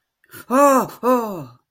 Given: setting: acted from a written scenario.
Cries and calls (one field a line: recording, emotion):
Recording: vocal sound without words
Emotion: fear